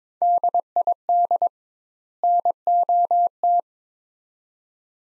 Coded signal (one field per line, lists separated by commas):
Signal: Morse code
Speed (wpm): 22 wpm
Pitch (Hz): 700 Hz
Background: none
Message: DID NOT